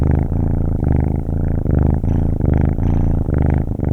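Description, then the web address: Cat: kitten purring steadily, a low rumbling throb that pulses roughly every half second, with no other sounds. "صدا حیوانات Animals Kitten Purring"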